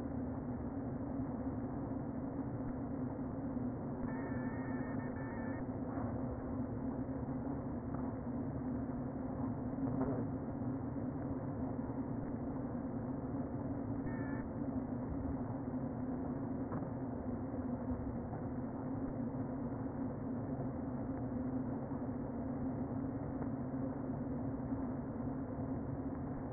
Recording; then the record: honeybee colony, microphone inside the hive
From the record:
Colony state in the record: queen present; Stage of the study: before two queens were removed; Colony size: about 60,000 bees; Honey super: yes